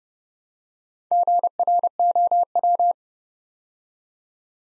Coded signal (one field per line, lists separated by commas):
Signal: Morse code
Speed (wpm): 29 wpm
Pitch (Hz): 700 Hz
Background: none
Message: GROW